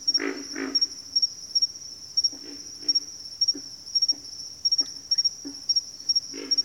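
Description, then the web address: Pig frogs giving scattered short, low, gruff grunts over a steady high pulsing insect chorus. Bayou habitat; several pig frogs. "Echoes of Nature - Bayou Pig Frogs"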